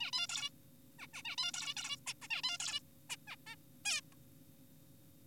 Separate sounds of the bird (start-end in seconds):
0.01-0.12, 0.13-0.27, 0.29-0.49, 0.99-1.07, 1.14-1.22, 1.25-1.36, 1.38-1.52, 1.54-1.74, 1.77-1.96, 2.07-2.13, 2.22-2.27, 2.31-2.42, 2.44-2.58, 2.60-2.80, 3.10-3.16, 3.27-3.36, 3.47-3.56, 3.85-4.01